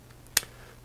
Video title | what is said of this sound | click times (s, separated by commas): LK08 Compressed Air Duster! | That just goes in and locks in place with just a little turn. | 0.4 s